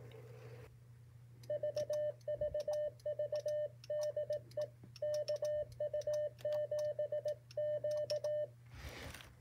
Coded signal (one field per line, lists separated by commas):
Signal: Morse code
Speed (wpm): 18 wpm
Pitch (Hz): 600 Hz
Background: none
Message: VVVDE KU7Q